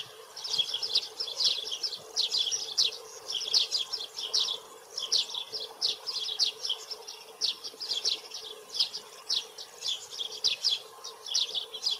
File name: tree sparrow sound